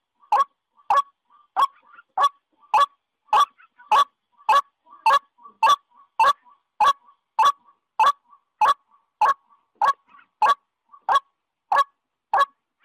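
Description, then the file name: White-breasted waterhen repeating one hard, clipped note with metronome-like regularity, about every two-thirds of a second throughout. Female white-breasted waterhen calling. "Tieng quoc mai keu"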